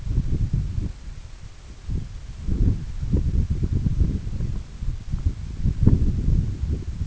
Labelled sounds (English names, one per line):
none